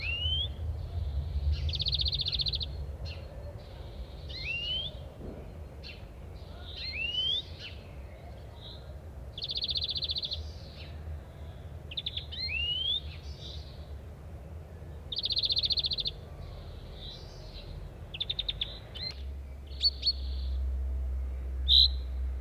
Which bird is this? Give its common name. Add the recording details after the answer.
European Greenfinch. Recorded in the wild. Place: Wuppertal, Nordrhein-Westfalen, DE. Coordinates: 51.23, 7.2. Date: 1995-04-20. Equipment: Sony WM-D6C. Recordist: Skiba, Reinald. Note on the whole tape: Ronsdorf